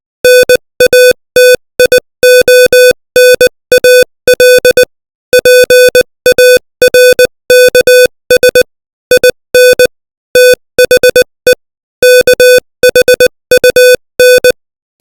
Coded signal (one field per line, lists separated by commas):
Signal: Morse code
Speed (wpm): 20 wpm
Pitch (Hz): 500 Hz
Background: music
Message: NATIONAL PARKS IN THE KHUN